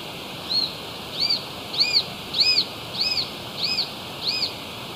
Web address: Natures Songs S America Eastern Lowlands Buteo magnirostris, begging calls